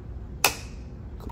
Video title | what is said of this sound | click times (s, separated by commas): Milling a Zirconia CEREC Crown with Omnicam & CEREC MC XL | and you're going to make sure that we go ahead and tighten it down all the way until you hear a click | 0.5 s